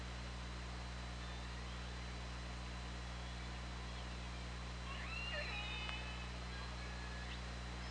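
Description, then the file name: Orca calls: after a quieter stretch, a harmonic squeal appears in the second half, over a steady low hum. On an OrcaLab hydrophone, 24 August 2017, at 20:29:41. "Orca Lab UTLN 20170824 202941"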